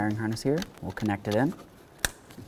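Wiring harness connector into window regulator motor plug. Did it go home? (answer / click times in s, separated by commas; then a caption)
yes / 2.1 s. Someone talks as the wiring harness connector is plugged into the window regulator motor's mating plug inside the door of a 2006–12 Ford Fusion. A single sharp, fast-dying click at 2.0 s marks the connector latching, and it is seated.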